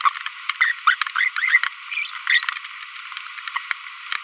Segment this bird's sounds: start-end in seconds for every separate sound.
0.61-0.72, 0.87-0.94, 1.16-1.28, 1.36-1.58, 2.27-2.43